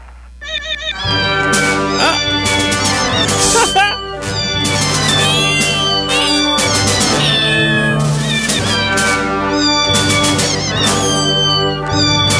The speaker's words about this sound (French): Un chat qui chante le thème de Star Wars. Pourquoi non pas? Oh oui, un petit chat.